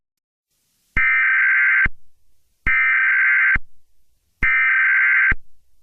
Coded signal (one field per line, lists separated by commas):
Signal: Emergency Alert System (SAME) tones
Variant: header bursts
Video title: [EAS] Chain Chomp Reaction